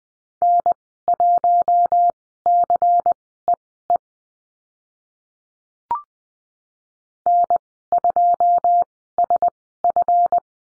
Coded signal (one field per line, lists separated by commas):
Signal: Morse code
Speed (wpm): 20 wpm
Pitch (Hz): 700 Hz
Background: none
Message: N1CEE N2SF